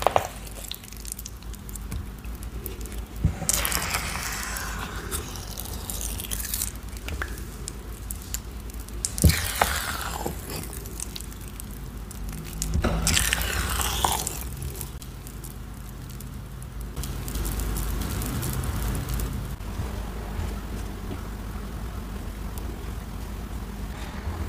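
Cornstarch crunchies being handled, with bright crunching bursts around 4, 10 and 14 seconds and sparser crackles in between. A steady low hum runs underneath throughout, and the last stretch turns to a softer, even hiss.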